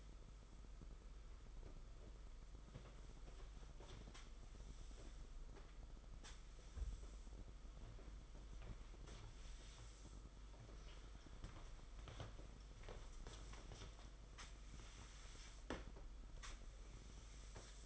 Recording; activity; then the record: daily activity, microphone in the room; sweep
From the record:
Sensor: 5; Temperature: 22.1 degrees Celsius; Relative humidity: 50.0%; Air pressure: 991.5 hPa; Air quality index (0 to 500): 120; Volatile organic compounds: 44 ppm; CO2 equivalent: 3207 ppm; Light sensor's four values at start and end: 42/133/50/54 and 39/118/46/49